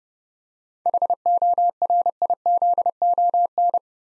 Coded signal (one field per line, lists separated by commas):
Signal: Morse code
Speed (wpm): 30 wpm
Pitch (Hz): 700 Hz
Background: none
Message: HORIZON